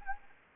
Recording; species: mosquito wingbeat signal from an infrared sensor; Anopheles gambiae